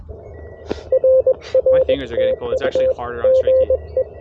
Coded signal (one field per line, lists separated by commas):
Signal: Morse code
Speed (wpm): 21 wpm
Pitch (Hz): 520 Hz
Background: speech, radio noise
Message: RR TU GE